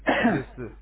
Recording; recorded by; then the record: voluntary cough; telephone call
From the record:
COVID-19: positive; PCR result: checked with the laboratory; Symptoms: no